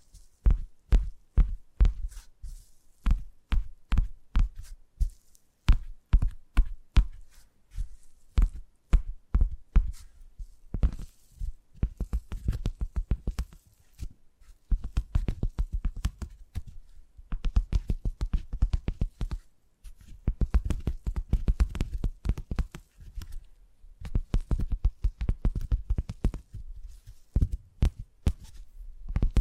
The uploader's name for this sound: Brain Tingly Tapping Sounds